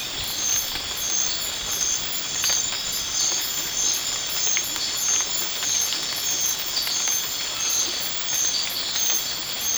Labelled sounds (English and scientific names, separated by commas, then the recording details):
none
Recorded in dense forest near Puerto Asís, Putumayo, Colombia, on 19 March 2025 at 23:30
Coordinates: 0.500, -76.322
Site GP06